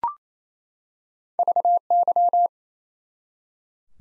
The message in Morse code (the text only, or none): VY